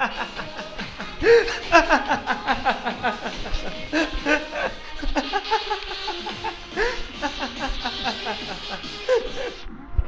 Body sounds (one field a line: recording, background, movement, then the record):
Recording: laughter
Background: music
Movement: walking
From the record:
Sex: male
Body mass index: 21.0 kg/m2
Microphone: on the chest, facing the body